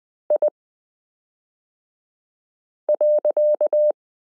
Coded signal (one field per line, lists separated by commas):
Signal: Morse code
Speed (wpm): 20 wpm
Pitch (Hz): 600 Hz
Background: none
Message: I.